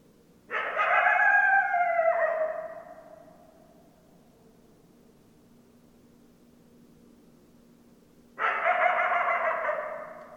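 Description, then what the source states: Coyote group howl: a loud chorus of layered howls that cracks into yips and fades, a long quiet gap, then another chorus starts. Several coyotes; recorded 10 December 2012.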